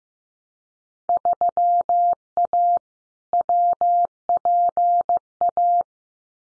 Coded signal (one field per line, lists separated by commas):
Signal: Morse code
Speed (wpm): 15 wpm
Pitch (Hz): 700 Hz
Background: none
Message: 3A WPA